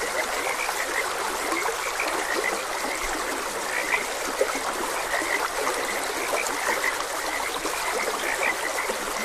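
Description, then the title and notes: Frog chorus of rapid, overlapping chirps and croaks that never pauses, set against a constant trickling stream. Frogs croaking beside a gentle stream. "Gentle Stream and Frogs Croaking. Sleep and Relaxation Podcast"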